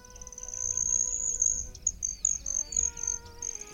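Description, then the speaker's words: Hummingbird flyby: a high, thin metallic trill, steady at first, then breaking into short pulses. Hummingbird zipping past the speakers in an aspen grove, Boulder County, in September, on a morning during the midsummer monsoon. "A hummingbird just flew by us. Did you hear it? It just zipped through."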